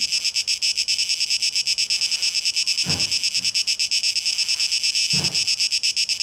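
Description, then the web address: Cicada song, a dense, hissing buzz with rapid pulsing, with two brief low thuds in the background. 12 August 2023, tape echo mix. "rauschpartikel Audio 2023-08-12 Zikaden"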